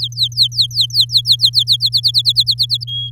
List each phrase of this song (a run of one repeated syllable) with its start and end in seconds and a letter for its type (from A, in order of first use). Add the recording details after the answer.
0.01-1.76 A, 1.80-2.84 B, 2.87-3.10 C. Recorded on 7 May 2018 at 16:04. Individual llb16